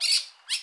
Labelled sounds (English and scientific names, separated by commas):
Brown-throated Parakeet (Eupsittula pertinax) contact call